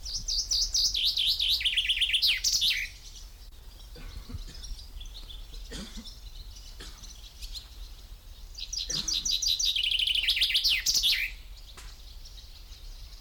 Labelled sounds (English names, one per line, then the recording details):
Common Chaffinch
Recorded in the wild
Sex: male
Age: adult
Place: Kremmen, Brandenburg, DE
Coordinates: 52.76, 13.03
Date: 1995-06-03 11:58
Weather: heiter, 18°C
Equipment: Marantz CP 430, Sennheiser ME 80, Kopie Uher 4000 Report Monitor
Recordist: Tembrock, Günter